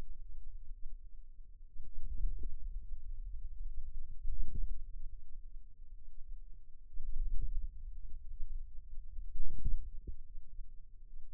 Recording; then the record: forearm muscle sounds (acoustic myography)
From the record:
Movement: hand closing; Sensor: system 2, bracelet of six BSWA MPA416 microphones around the upper forearm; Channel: 5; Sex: female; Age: 22 years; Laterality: right